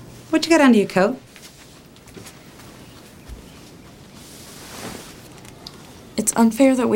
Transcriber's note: soundbite of ruffling